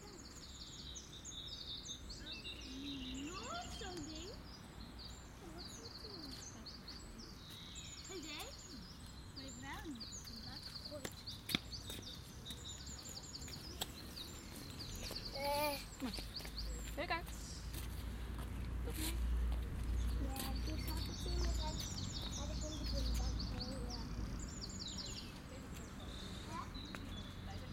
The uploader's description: The Von Siebold Memorial Garden in the Hortus Botanicus in Leiden.